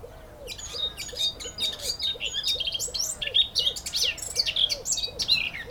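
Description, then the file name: Eurasian blackcap warbling, a hurried jumble of scratchy and clear notes, over a soft low looping note repeated steadily. "Sylvia atricapilla"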